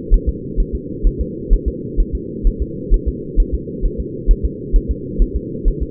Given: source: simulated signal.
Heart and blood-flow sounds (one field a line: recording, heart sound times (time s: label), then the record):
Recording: fetal heart sounds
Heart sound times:
0.14 s: S1
0.29 s: S2
0.60 s: S1
0.75 s: S2
1.07 s: S1
1.21 s: S2
1.53 s: S1
1.68 s: S2
2.00 s: S1
2.15 s: S2
2.47 s: S1
2.62 s: S2
2.94 s: S1
3.08 s: S2
3.40 s: S1
3.55 s: S2
3.86 s: S1
4.00 s: S2
4.31 s: S1
4.45 s: S2
4.76 s: S1
4.91 s: S2
5.22 s: S1
5.36 s: S2
5.68 s: S1
5.83 s: S2
From the record:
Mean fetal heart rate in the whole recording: 130 bpm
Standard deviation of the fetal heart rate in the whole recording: 2 bpm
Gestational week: 38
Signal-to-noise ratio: -4.1 dB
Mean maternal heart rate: no maternal heart sound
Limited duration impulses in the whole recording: absent